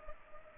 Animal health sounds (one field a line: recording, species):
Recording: mosquito wingbeat signal from an infrared sensor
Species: Culex pipiens